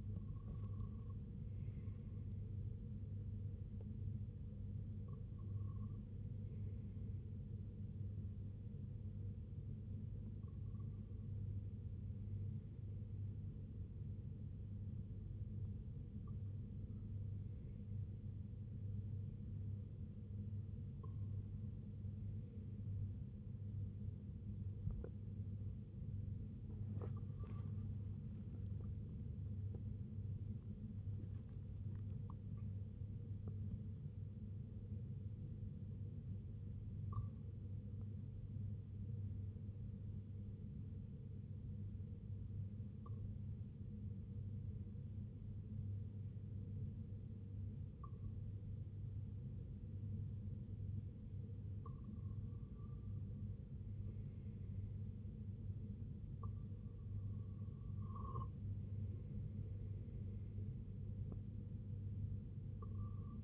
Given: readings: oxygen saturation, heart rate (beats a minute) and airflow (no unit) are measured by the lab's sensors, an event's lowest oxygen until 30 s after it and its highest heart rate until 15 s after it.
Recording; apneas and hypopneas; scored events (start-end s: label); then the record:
breathing in sleep by a smartphone at the bedside; 2
15.00-30.40 s: hypopnea (N1, oxygen 95% highest, then 94% lowest, heart rate 71 at the start, 79 highest)
38.00-59.10 s: hypopnea (N1, oxygen 95% highest, then 91% lowest, heart rate 67 at the start, 71 highest)
From the record:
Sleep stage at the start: N1 (lightest sleep); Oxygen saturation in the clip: 93 to 95%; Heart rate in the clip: 60 to 79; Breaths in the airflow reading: 12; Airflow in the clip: -7.9 to 5.4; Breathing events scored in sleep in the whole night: 258 in 7.4 hours asleep